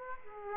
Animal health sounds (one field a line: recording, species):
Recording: mosquito wingbeat signal from an infrared sensor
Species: Aedes aegypti